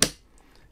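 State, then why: Seated. A CR2032 CMOS coin cell battery is pressed down with firm pressure into a motherboard battery holder, past its plastic lugs. A sharp, loud click at 0.0 s, followed by two faint ticks, shows the battery seated and locked into place.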